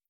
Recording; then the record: hydrophone in a shrimp aquaculture tank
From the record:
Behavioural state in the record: feeding